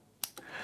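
The hammer of a steel Ruger Security-Six revolver is slowly cocked to check timing. A sharp click at 0.2 seconds is the cylinder bolt snapping into its notch and locking the cylinder in place before full cock, followed by a fainter click at 0.4 seconds and a low hum. The cylinder is seated and locked.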